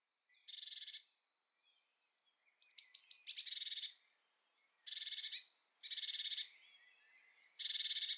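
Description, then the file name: Eurasian blue tit buzzy churring calls, one louder burst of high notes and churr near three seconds, with several softer rasping bursts repeated around it. "Cyanistes caeruleus"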